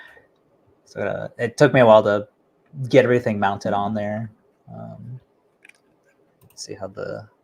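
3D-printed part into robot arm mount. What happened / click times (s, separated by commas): Part handled, not yet seated / none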